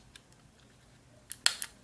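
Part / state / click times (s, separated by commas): micro SD card into dash cam card slot / seated / 1.5 s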